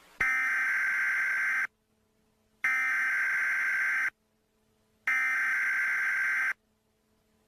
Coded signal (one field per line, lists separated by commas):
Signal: Emergency Alert System (SAME) tones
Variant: header bursts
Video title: Ice Storm Warning [EAS Mock] 1-24-26